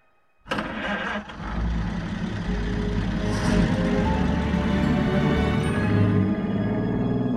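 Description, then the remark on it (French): After a moment of silence, a car engine abruptly roars into life and keeps running, giving a steady, loud low rumble with a droning hum as a journalist drives his car, accompanied by two France Inter sound engineers. “Une semaine plus tard, le journaliste est au volant de sa voiture.”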